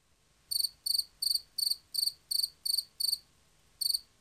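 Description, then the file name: Field cricket song: shrill, high-pitched chirps repeated nearly three times a second, with a brief pause before the last chirp. "markfårekylling"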